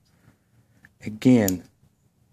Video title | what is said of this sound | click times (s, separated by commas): French door Lock Cylinder removal | don't know if you hear that noise, that little click. | 0.8 s